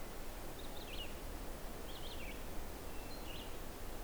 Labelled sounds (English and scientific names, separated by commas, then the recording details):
Red-eyed Vireo (Vireo olivaceus) song
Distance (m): 115 m
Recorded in boreal forest in Alberta, Canada, on 12 June 2016 at 05:50
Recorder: SongMeter 3, array SBT-3-18
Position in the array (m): 241 m, 96 m